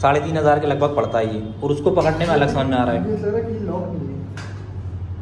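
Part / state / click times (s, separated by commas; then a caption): lock on a camera tripod / not seated / none. A man talks while handling a Digitek DTR 520 BH camera tripod and trying its lock, and a short dull knock is heard at about 4.4 seconds. The tripod lock has not locked yet.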